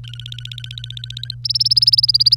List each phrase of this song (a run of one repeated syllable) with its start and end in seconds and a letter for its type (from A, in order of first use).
0.04-1.34 A, 1.45-2.35 B